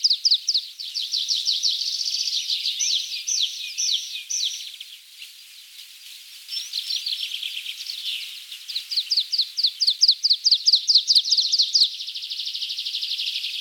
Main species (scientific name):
Anthus spinoletta